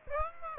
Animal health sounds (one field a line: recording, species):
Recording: mosquito wingbeat signal from an infrared sensor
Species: Aedes aegypti